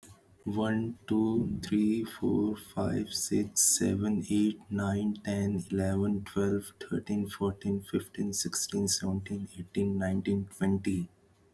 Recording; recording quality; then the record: counting at a normal pace; excellent, no background noise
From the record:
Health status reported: healthy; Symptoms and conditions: none ticked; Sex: male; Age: 34 years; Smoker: not ticked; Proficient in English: yes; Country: India